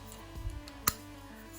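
A plastic piece is pushed into the hilt of a Rey toy lightsaber, a design whose parts snap into place more securely than on the legacy version. Low handling rumble and a faint tick come first, then a sharp, bright snap at 0.9 s as the piece seats.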